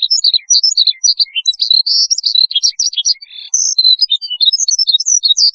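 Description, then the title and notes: Bush lark song, a rapid run of high, varied chirps and short whistled notes with hardly a pause throughout. "Kicau Burung Branjangan"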